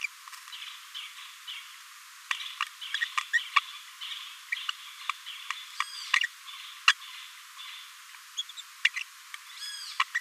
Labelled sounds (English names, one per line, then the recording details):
Green-rumped Parrotlet babbling
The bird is a male
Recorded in a nest box in Venezuela
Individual 17B42A3